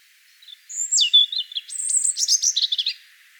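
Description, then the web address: European robin song: a high thin whistle opening, then a quick tumbling run of sweet, twittering notes that slide up and down, lasting about two and a half seconds. "vogelstimmen rotkehlchen gesang nabu lars lachmann"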